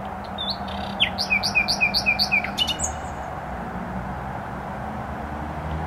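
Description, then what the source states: Nightingale song: a rising whistle followed by a run of repeated slurred notes, ending in a long high whistle, with continuous traffic roar beneath. Singing in bushes close to a noisy motorway, Trasa Toruńska, Bródno-Podgrodzie, Warsaw, Poland; recorded with an Olympus LS-11.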